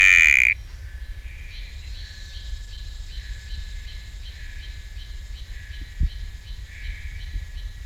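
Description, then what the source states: Sticky frog: one loud note, cut off at the very start, then a soft background chorus of high chirps and trills. Recorded at Camp IV; genus Kalophrynus, species not identified.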